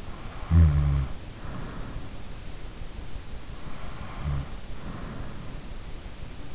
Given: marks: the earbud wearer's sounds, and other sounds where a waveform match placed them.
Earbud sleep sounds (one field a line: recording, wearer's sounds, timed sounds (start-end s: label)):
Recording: sounds in sleep by an in-ear microphone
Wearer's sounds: snoring breath, breath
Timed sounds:
0.33-2.35 s: snoring breath
3.86-5.67 s: breath